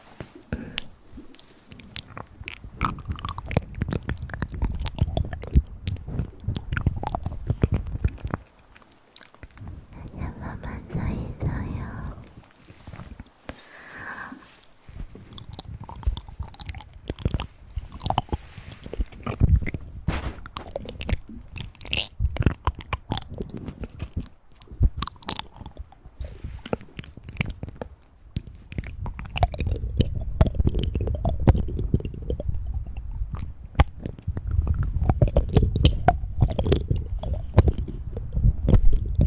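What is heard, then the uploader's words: Breathy sounds right at the ear, with dense wet clicks and crunchy, chewing-like textures throughout. Soft low whooshes of breath swell in patches, strongest around 0–8, 10–13, and 29–39 seconds, with a brief quiet gap near 9 seconds. Ear Breathy Triggers.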